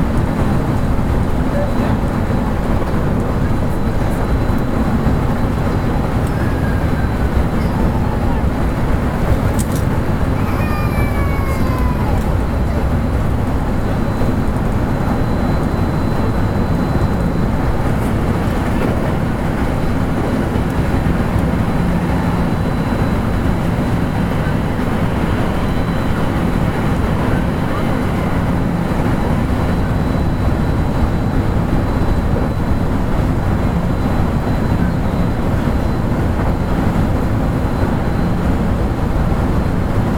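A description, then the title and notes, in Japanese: Running sound of a 223 series electric train: a steady, dense low rumble holds at an even level throughout the 40 seconds. Faint rising whines and brief brighter squeals appear around 9 to 12 seconds, with occasional soft clicks over the constant roar. JR223系 神戸線新快速 三ノ宮から大阪まで。JR西日本の223系電車の走行音です。JR神戸線の新快速列車にて収録しました。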